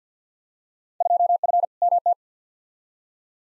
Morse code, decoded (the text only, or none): 2F MT